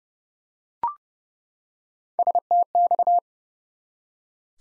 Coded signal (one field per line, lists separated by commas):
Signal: Morse code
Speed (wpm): 31 wpm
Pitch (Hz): 700 Hz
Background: none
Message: STX